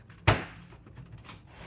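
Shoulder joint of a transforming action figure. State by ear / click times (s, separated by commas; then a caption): seated / 0.3 s. The plastic shoulder sections of a Transformers Legacy Evolution Decepticon Nemesis Titan Class action figure are pushed down during robot transformation. A single sharp, bright click at 0.3 s is followed by faint handling ticks. The shoulder joint seats firmly into place.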